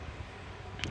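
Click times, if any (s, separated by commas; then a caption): 0.8 s. A rubber and metal dust cap is pushed onto a hammer drill chuck over the washer and locked in place. Low background rumble and faint handling noise lead to a sharp click at 0.8 s as the cap seats and locks onto the chuck.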